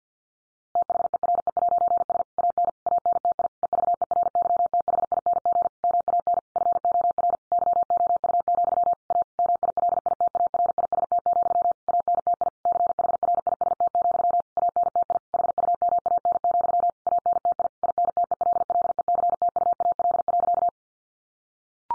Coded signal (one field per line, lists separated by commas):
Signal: Morse code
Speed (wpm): 49 wpm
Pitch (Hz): 700 Hz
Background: none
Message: THERE'S AN ANTI EVERYTHING MAN FOR YOU, A MILITARIST, ANTI CHRIST, ANTI HUMAN, ANTI INTELLECTUAL.